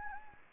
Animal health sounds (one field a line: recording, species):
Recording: mosquito wingbeat signal from an infrared sensor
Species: Anopheles gambiae